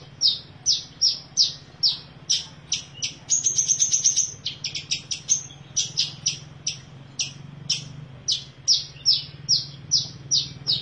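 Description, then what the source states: Long-tailed shrike in rapid, varied song: high sharp chips and trills packed closely, with a brief buzzy rattle in the middle, over a steady low hum. Combination song style.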